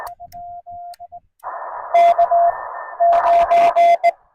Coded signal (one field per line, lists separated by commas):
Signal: Morse code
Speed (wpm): 18 wpm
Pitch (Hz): 690 Hz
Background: none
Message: K 9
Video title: Parks on the Air Activation: CW Newbie at Bamberton Provincial Park